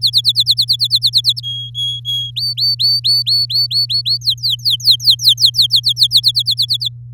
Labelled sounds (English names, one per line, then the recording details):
Domestic Canary song
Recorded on 8 May 2018 at 14:28
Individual llb16